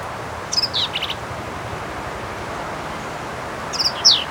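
Black-capped vireo song, a quick squeaky, buzzy phrase, a silent gap, then another short harsh phrase at the end.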